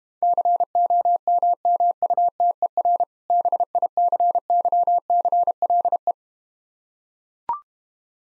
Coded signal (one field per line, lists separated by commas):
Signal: Morse code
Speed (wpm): 32 wpm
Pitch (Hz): 700 Hz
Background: none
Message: COMMUTER BICYCLE